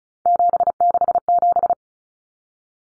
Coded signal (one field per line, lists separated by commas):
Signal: Morse code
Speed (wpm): 34 wpm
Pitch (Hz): 700 Hz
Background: none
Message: 767